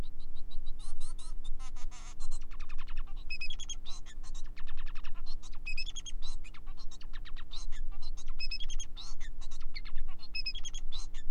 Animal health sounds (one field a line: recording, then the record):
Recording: song of a male Bengalese finch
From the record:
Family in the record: son of father 4